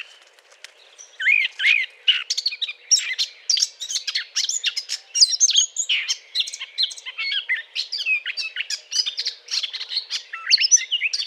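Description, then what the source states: Eurasian blackcap starting softly, then building into a sustained, lively warble of scratchy chatter mixed with short whistled notes. Courtship song.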